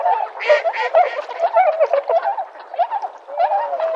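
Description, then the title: Tundra swans calling in a busy flock, overlapping nasal honks and bugling notes rising and falling, with many birds calling at once throughout. Bewick's swans recorded at Sugao marsh, Ibaraki Prefecture, Japan. "菅生沼（茨城県）のコハクチョウ"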